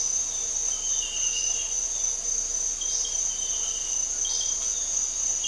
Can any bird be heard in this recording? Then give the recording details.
no. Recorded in dense forest near Puerto Asís, Putumayo, Colombia, on 4 March 2025 at 06:30. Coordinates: 0.467, -76.328. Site G041